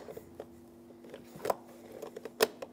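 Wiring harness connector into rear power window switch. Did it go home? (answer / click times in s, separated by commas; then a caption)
no / none. A wiring harness connector is being handled at the rear power window switch on the door panel of a 2013–2020 Nissan Pathfinder during a rear window regulator replacement. Quiet plastic handling rustles are heard over a low steady hum, with sharp taps around 1.5 and 2.4 seconds. The connector has not clicked or seated yet.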